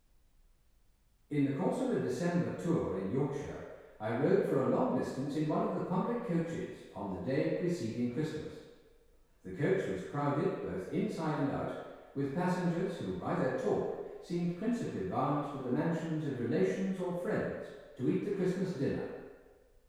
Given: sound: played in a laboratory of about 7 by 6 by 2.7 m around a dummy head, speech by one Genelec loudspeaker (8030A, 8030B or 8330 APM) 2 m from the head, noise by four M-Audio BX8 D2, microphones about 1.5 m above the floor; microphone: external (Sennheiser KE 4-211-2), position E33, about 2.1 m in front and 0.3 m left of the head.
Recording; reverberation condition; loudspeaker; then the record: male speech in English; high; 60 degrees to the right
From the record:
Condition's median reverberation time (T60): about 1300 ms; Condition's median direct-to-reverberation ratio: about -4.0 dB